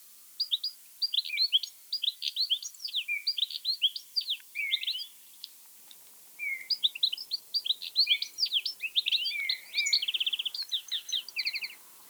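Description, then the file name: European goldfinch giving two long bursts of bright twittering song, tinkling chirps and slurred notes with a brief rattle, separated by a short pause; faint background hiss. "Carduelis carduelis"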